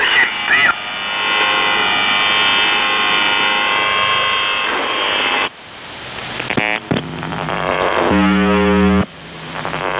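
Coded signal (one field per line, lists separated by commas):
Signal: numbers station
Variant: UVB-76 (The Buzzer)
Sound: static-laden radio with possible muffled voice, then a single harsh buzz about one second long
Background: radio static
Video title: The Buzzer/UVB-76(4625Khz) April 27th, 2023 Voice messages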